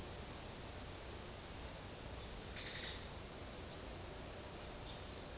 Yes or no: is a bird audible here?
no